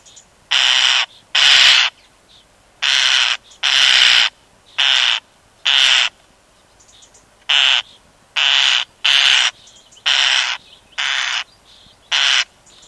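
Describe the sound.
European starling harsh calls, a dozen loud grating bursts, each under a second long, repeated roughly once a second with a brief pause midway.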